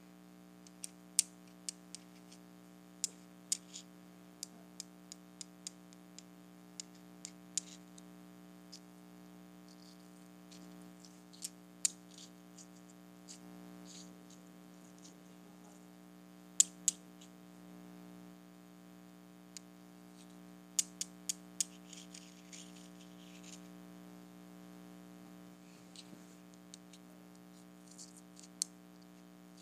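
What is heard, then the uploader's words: Small rocks tap together in sharp, bright clicks, scattered irregularly with brief flurries around 21 seconds, over a steady low electrical hum. ASMR Tapping Tiny Rocks Together.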